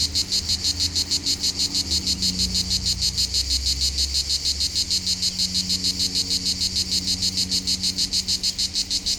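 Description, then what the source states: Rhythmic cicada buzzing, harsh pulses repeating roughly three times a second throughout, low hum in the background. Local cicadas in full activity on a hot summer day at the foot of the Molard de Vions, 39 Rue de Boveron, Vions, France; rhythmic song.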